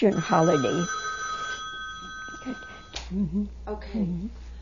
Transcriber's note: A telephone rings in the background